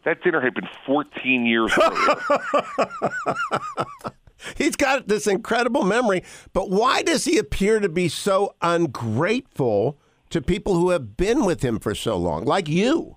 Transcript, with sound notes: That dinner had been 14 years earlier.
(laughing) He’s got this incredible memory. But why does he appear to be so ungrateful to people who have been with him for so long, like you?